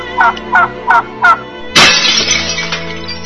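turkey gobbling

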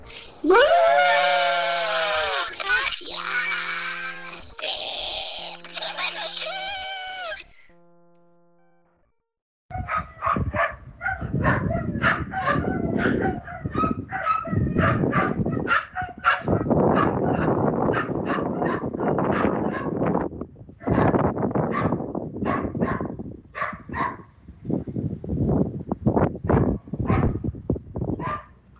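dogs barking

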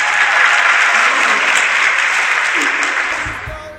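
applause

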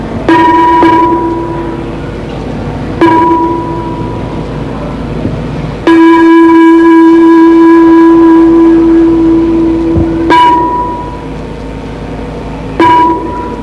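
bell ringing

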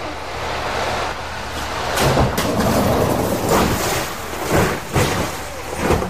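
car accelerating

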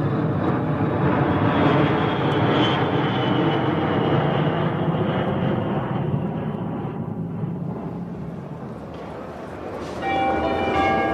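airplane flying overhead

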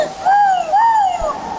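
lynx call

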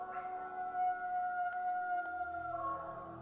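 falkland Islands wolf call

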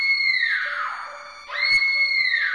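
woman screaming in terror

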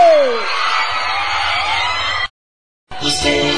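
crowd of women screaming

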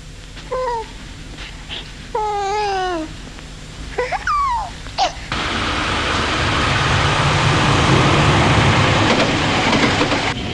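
subway train riding

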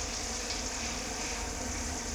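shower water running

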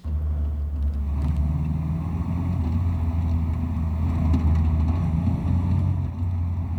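car engine running

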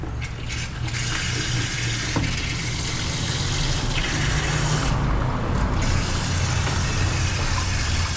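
water running

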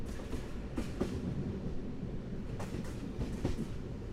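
train running on rails

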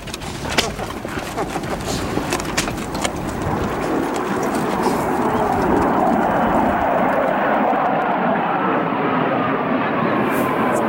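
military aircraft flying overhead

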